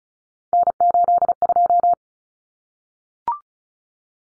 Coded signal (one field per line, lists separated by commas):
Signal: Morse code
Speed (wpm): 34 wpm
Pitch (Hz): 700 Hz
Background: none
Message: N82